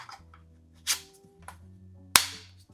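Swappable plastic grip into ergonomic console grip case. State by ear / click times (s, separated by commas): seated / 2.2 s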